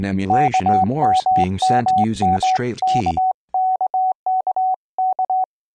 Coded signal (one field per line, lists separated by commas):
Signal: Morse code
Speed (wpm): 20 wpm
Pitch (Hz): 750 Hz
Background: speech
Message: KMMMKKKK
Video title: CW Trainer Demo